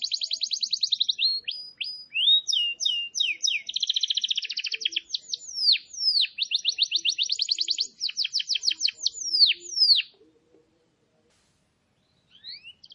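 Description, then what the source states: Canary song: varied fast trills and rolling buzzy phrases mixed with sharp falling whistles, lasting about ten seconds before falling silent, then a brief restart. Long, energetic canary song, used as a lure and tutor recording for wild canaries.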